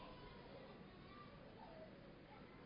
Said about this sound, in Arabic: هو النساء يا أخوانا اللي فوق، النساء اللي فوق دول سايبين الأولاد فاكرين نفسهم في الحديقة.